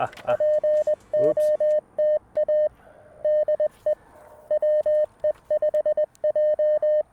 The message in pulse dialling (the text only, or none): none